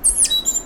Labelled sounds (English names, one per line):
Stitchbird song